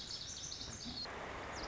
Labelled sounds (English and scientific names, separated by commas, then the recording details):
Lazuli Bunting (Passerina amoena)
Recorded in Sonoma County, California